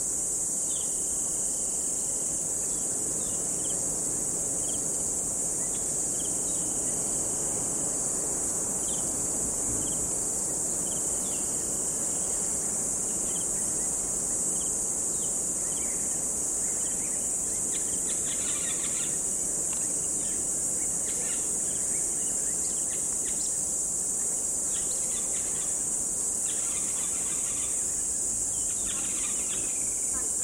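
Around a dry stretch of the Limpopo River, a steady high insect drone fills the air over a low rumble, with brief chirps after fifteen seconds.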